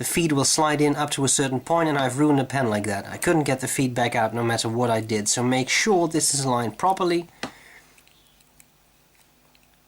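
Someone talks while lining up a plastic feed to slide into a fountain pen grip section, making sure it is aligned before pushing it home. After the talking stops, a few light handling taps come at about 8.0, 8.1, 8.4, 8.6 and 9.6 seconds. The feed has not seated or clicked yet.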